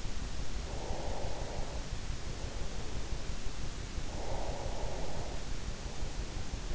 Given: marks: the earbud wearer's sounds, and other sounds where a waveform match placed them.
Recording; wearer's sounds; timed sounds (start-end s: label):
sounds in sleep by an in-ear microphone; breath
0.39-2.43 s: breath
4.04-5.69 s: breath